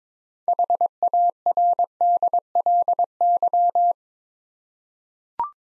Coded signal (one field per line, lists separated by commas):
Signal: Morse code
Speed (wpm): 22 wpm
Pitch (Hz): 700 Hz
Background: none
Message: HARDLY